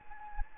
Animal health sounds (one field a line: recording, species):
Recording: mosquito wingbeat signal from an infrared sensor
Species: Anopheles gambiae